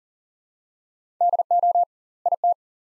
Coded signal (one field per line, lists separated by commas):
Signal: Morse code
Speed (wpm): 40 wpm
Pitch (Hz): 700 Hz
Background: none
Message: DO IT